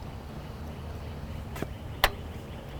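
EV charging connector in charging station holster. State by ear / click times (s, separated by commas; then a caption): released / 2.0 s. A public EV charging station, after authorizing the session, releases its lock on the charging connector in its holster so the plug can be pulled out. Over a low background rumble, a small bump comes at about 1.6 s, then a sharp, loud click at 2.0 s as the connector unlocks. The connector is released and available.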